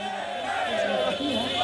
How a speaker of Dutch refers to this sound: Protest van honderden maaltijdbezorgers voor het Spaanse congres. Ze zijn boos over de komst van een nieuwe wet die de online bezorgdiensten, zeg maar de apps, verplicht bezorgers in vaste dienst te nemen.